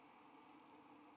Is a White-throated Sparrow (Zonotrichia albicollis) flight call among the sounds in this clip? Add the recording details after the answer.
no. No flight call is heard. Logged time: 08:02 on 5 December 2014